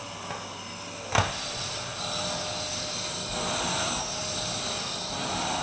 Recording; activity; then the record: daily activity, microphone in the room; vacuum cleaning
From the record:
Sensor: 2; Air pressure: 1001.8 hPa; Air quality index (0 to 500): 248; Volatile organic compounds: 39 ppm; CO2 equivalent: 3130 ppm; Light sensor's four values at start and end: 8/27/10/10 and 6/18/7/7